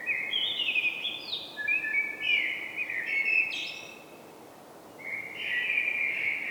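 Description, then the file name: Common blackbird singing a long fluty warbling phrase, then another fluting phrase after a brief gap. "Turdus merula"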